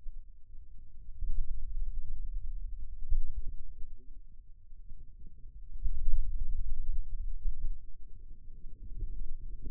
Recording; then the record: forearm muscle sounds (acoustic myography)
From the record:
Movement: pen grasping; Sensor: system 2, bracelet of six BSWA MPA416 microphones around the upper forearm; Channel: 1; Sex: male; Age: 22 years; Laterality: right